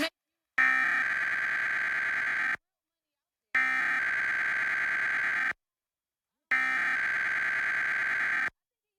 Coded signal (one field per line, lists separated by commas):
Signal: Emergency Alert System (SAME) tones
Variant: header bursts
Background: speech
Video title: Arizona EAS Alert: Required Monthly Test Compilation (09/13/2023)